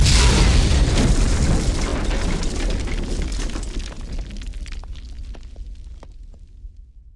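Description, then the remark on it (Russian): A charge explodes to one side during a battle: a loud explosion booms at once, its heavy rumble slowly dying away over several seconds while scattered crackles and small sharp pops, like falling debris, trail off at the end. “Тут что-то грохнуло сбоку.”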